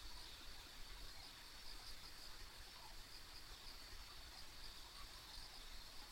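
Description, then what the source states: Insects drone steadily at a high pitch with occasional clearer chirps standing out, while a low continuous rumble fills the background. Ambient insect sounds recorded on a rural country road.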